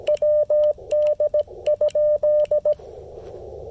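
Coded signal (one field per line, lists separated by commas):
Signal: Morse code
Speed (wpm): 17 wpm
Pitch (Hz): 590 Hz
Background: radio noise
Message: WD?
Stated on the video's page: CW Parks On The Air activation with an Icom IC-705 and MFJ-1984LP end-fed antenna.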